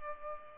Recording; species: mosquito wingbeat signal from an infrared sensor; Culex pipiens